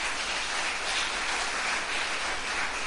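An audience applauds the Messiah during a sermon, a dense, steady wash of many hands clapping that holds at an even level for the whole stretch, with no voices over it.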